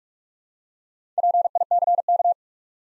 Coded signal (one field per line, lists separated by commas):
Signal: Morse code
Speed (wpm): 48 wpm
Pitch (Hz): 700 Hz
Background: none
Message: PICK